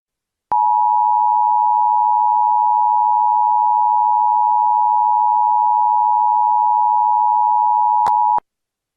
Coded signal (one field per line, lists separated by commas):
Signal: Emergency Alert System (SAME) tones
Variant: 853 and 960 Hz attention tone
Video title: EAS Scenario - Black Void